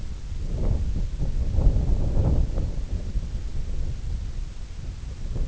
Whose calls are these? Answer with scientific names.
none